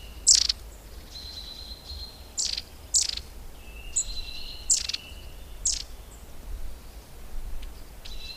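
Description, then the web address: Long-tailed tit calls: very high sharp notes scattered irregularly throughout, interspersed with thin level whistles, over faint low rumbling background noise. "agykontroll Madardalok Cd 1. Őszapó"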